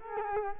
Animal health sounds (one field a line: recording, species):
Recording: mosquito wingbeat signal from an infrared sensor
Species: Culex quinquefasciatus